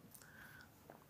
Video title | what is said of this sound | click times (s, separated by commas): GIVI TOP BOX 58 LITRES, R1250GSA | line the front two bobbins up push it forward and down you hear it click | 0.2 s